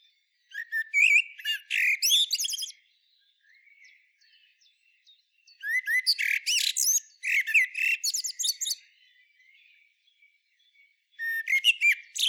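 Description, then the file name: Common blackbird song: repeated phrases of rich low warbles topped with high twitters, spaced by quiet gaps holding faint chirps. "Turdus merula"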